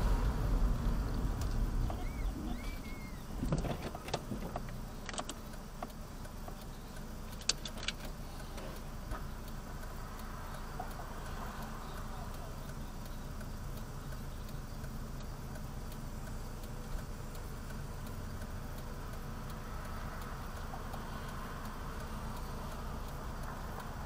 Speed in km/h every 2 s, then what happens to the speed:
15, 0, 0, 0, 0, 0, 0, 0, 0, 0, 0, 0.
0-2 brakes to 0. 2-24 standing.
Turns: none.